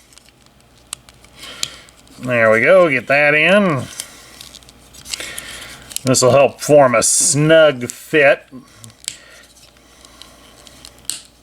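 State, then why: Seated. A plastic part of a Dinobot combiner toy figure is pushed into its joint during transformation while someone talks. Light plastic handling clicks precede two sharp clicks at 9.1 s and 11.1 s as the part double-clicks and seats into place.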